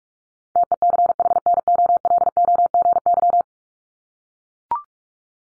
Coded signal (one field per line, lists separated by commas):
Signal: Morse code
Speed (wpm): 44 wpm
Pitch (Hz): 700 Hz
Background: none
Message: TECHNOLOGY